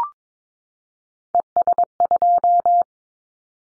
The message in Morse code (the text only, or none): ES2